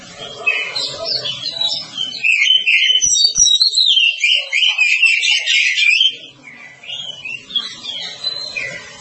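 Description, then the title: Oriental magpie-robin singing a dense, varied stream of sweet whistles and harsh notes, loudest in the middle seconds, with a faint low hum at the edges. "Kacer"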